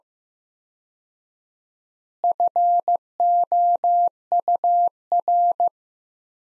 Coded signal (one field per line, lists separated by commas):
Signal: Morse code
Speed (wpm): 15 wpm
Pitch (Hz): 700 Hz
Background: none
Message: FOUR